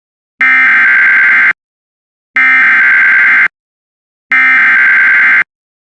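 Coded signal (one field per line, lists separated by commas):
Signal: Emergency Alert System (SAME) tones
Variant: header bursts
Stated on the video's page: Severe Thunderstorm Warning EAS alert received on WJON-IP, screen recorded with Bandicam.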